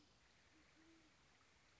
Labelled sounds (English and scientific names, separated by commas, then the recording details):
Great Horned Owl (Bubo virginianus)
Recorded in Sonoma County, California